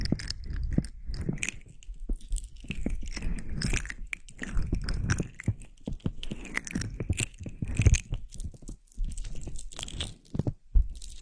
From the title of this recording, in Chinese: 按摩你的耳朵